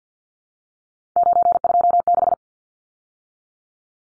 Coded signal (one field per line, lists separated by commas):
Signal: Morse code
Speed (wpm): 50 wpm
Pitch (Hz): 700 Hz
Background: none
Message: 926